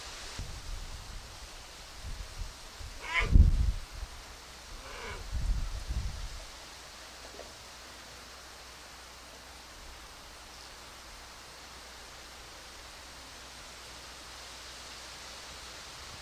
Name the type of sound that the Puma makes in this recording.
call